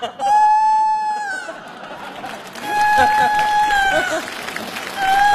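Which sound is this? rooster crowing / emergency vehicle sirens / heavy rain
rooster crowing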